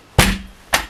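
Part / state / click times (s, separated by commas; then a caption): mitred glazing bead into bifold door frame / not seated / none. A mitred glazing bead is being handled into a bifold door frame, giving two sharp, loud tapping hits at about 0.2 s and 0.7 s, each decaying quickly. Nothing has seated or snapped into place yet.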